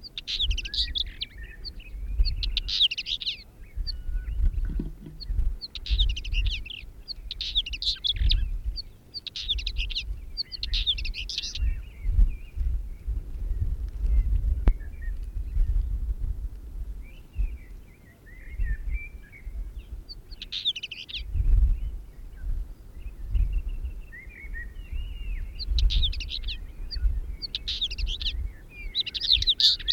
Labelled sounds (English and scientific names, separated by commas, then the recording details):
Northern Wheatear (Oenanthe oenanthe) song
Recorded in the wild
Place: Lakatnik, Sofia, BG
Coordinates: 43.053, 23.409
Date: 1974-05-19
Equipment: Nagra III BH, Sennheiser MD 21, parabola
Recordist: Schubert, Michael